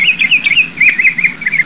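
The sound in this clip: Bird calling in a quick series of high, wavy chirps, each twisting up and down, run together in a rapid chattering string with a brief pause midway.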